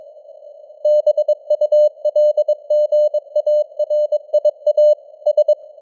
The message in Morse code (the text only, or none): BULGARIA S